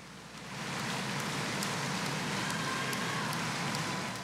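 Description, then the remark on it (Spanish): An audience cheers and shouts "Viva México!" over dense applause, swelling within the first half second into a steady, loud, continuous roar that holds to the end with no single voice standing out. “Pues ya escuchan ustedes los vítores, ¡viva México!, gritan.”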